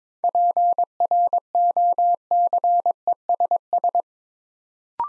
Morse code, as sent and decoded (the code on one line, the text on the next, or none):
.--. .-. --- -.-. . ... ...
PROCESS